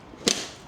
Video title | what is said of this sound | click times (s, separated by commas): The BEST taillights for your C5 Corvette? Red Vs Smoked Vette Lights INFINITY Taillights/Giveaway! | you should hear them click and then you want to do the Bottom | 0.3 s